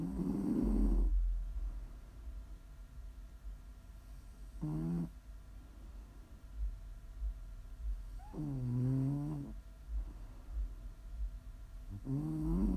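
Four low, rumbling, voiced ASMR snores from an adult sleeper, about every four seconds, roughly 16 a minute, consistent with ordinary adult snoring.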